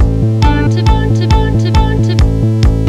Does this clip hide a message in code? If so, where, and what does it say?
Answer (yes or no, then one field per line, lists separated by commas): no